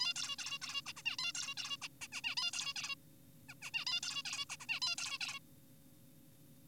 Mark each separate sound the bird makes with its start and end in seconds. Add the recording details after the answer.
0.00-0.14, 0.16-0.36, 0.39-0.59, 0.62-0.81, 0.86-0.93, 0.97-1.03, 1.06-1.17, 1.19-1.32, 1.35-1.54, 1.57-1.77, 1.82-1.88, 2.02-2.08, 2.12-2.21, 2.24-2.35, 2.37-2.51, 2.54-2.73, 2.76-2.95, 3.49-3.54, 3.62-3.71, 3.74-3.85, 3.87-4.00, 4.03-4.23, 4.25-4.45, 4.50-4.56, 4.60-4.66, 4.69-4.80, 4.82-4.96, 4.98-5.18, 5.21-5.39. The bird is an adult. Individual g4p5U